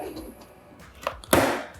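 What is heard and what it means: A motorcycle helmet visor is pushed back into its side mount after a Bluetooth intercom is installed. Two faint ticks at 1.1 s and 1.2 s lead into a sharp, loud click at 1.3 s as the visor locks into place. The visor is seated and done.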